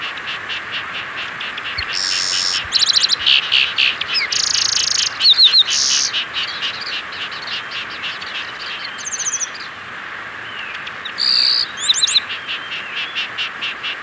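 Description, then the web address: Grass wren song: varied buzzy trills, fast high rattles and sharp chips in short phrases, over a steady background of rapid pulsed ticking. Ecuador. "S America Birds of Ecuador. Grass Wren"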